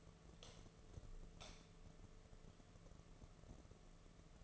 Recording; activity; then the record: daily activity, microphone in the room; light on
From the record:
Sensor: 4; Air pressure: 1015.6 hPa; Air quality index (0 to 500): 182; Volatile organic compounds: 8 ppm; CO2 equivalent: 2098 ppm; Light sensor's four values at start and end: 22/53/23/24 and 22/54/23/24